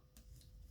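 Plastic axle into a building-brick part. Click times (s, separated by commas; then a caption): 0.2 s. A plastic building-brick axle is pushed into a part of the model and seats with a short, sharp click at 0.2 s. The rest of the clip is a low hum, and the axle stays put and won't budge.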